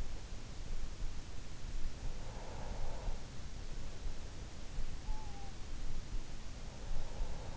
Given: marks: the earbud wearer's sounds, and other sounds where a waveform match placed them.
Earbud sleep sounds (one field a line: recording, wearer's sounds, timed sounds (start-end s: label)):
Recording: sounds in sleep by an in-ear microphone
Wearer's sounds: breath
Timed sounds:
1.69-3.88 s: breath